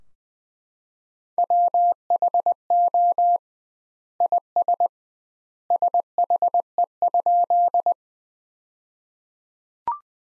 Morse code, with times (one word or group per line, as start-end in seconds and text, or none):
1.4-3.4 WHO
4.2-4.9 IS
5.7-7.9 SHE?